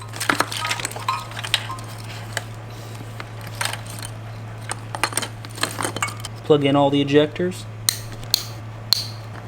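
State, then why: Seated. Electrical wiring connectors are plugged onto the fuel injectors of a Honda CBR600RR motorcycle engine during a rebuild of a wrecked bike. Someone talks over a steady low hum and scattered small clinks and handling noises. Each connector clicks into place, with sharp clicks at 7.9, 8.3 and 8.9 seconds.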